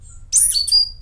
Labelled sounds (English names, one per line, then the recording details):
Stitchbird song
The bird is a male
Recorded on Tiritiri Matangi Island, New Zealand, in 2005
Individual 22, of nest box 31